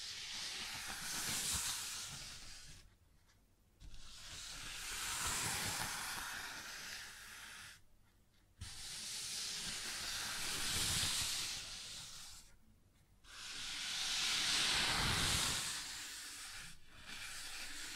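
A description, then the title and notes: Long, hissing rubbing strokes sweep across a wooden surface, each lasting about four seconds and separated by brief silent pauses. The sound is bright and airy, swelling and fading within each stroke, with a faint low rumble underneath. ASMR Sounds on Wooden Surface (No Talking).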